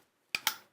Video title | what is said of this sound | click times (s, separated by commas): Sewing Street - 16/05/20 - Miss It, Miss Out! & Lazy Angle Creative Grids with John Cole - Morgan | got that click and I know when I've done the click if I haven't heard the click I know I'm doing something wrong so I | 0.4 s, 0.5 s